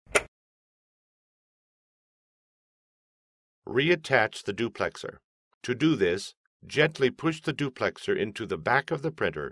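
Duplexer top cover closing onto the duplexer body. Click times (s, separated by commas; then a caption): 0.2 s. The top cover of the duplexer on an HP Officejet Pro 8600 e-All-in-One printer is closed onto the duplexer body, giving a single sharp snap at 0.2 s as the plastic tabs on both sides click into place. After a few seconds of silence, someone talks. The duplexer cover is seated.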